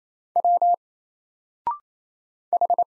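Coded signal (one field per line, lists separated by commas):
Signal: Morse code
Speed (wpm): 28 wpm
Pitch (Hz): 700 Hz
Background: none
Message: W H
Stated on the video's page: Single Morse letters at 28 wpm, each sent, then spoken after a 0.6-second pause, then sent again; character recognition drill.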